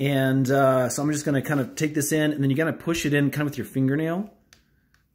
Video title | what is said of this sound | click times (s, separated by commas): Best and Cheapest Extra Storage for your Chromebook | you'll you'll feel it so you can see that it's a little spring-loaded and you'll hear that little click and | 4.5 s